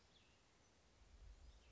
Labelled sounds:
Cassin's Vireo
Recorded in Sonoma County, California

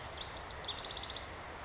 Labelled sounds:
House Wren
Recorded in Sonoma County, California

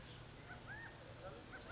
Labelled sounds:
Chestnut-backed Chickadee
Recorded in Sonoma County, California

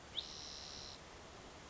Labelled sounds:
Spotted Towhee
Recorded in Sonoma County, California

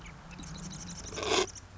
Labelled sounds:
Marsh Wren
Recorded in Sonoma County, California

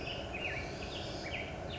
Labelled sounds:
Black-headed Grosbeak
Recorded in Sonoma County, California

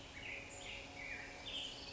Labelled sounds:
Black-headed Grosbeak
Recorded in Sonoma County, California

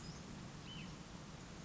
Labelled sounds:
Hutton's Vireo
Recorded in Sonoma County, California

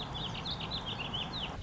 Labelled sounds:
Warbling Vireo
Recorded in Sonoma County, California

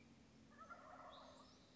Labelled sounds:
Wild Turkey
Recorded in Sonoma County, California

